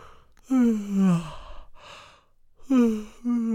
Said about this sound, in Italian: e perché erano molte ore che non aveva mangiato, cominciò a sbadigliare.